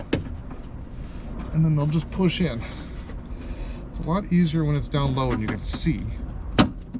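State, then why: Seated. On a 2003-04 Jeep Grand Cherokee, the door window glass is lined up with the holes on a new window regulator while someone talks, and a plastic retaining clip joining the glass to the regulator is pushed through. A sharp pop at 6.6 s marks the clip snapping in, seating it.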